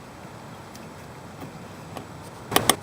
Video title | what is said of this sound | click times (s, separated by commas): How to Replace Spark Plug Wires Ford Ranger, Mazda B3000 YouTube | actually has two clicks | 2.6 s, 2.7 s